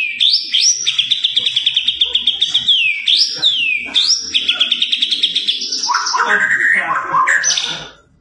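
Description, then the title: White-rumped shama song built from long, rapidly trilled high notes that sweep upward at the start of each phrase, ending in lower, richer slurred whistles. White-rumped shama singing vigorously; lure recording meant to make the bird respond. "PANCINGAN MURAI BATU GACOR"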